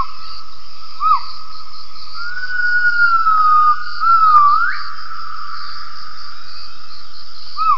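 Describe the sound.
Gibbon call: a long, steady whistled note that ends in a quick upward sweep, with short hooked notes before and after, over a constant high hum.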